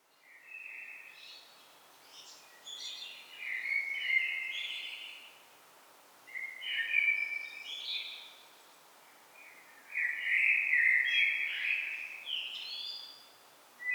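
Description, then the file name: Common blackbird, fairly soft song of fluted warbling phrases with squeaky high endings, repeated after short silences. "Turdus merula"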